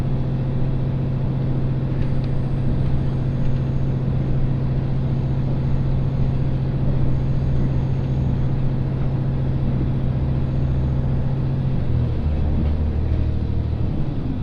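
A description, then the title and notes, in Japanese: A steady, heavy rumble from aboard a single-car hybrid train in motion, with a strong low engine hum running throughout at constant loudness. Around twelve seconds the hum drops to a deeper pitch, while fainter rattling and a thin high whine sit underneath. 津軽線 蟹田→津軽二股。列車はGV-E400系の1両で、いわゆるハイブリッド車になります。ほどよく混んでいてロングシートに座ります。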